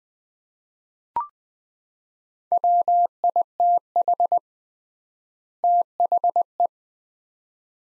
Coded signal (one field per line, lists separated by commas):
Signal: Morse code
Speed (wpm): 20 wpm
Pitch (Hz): 700 Hz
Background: none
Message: WITH THE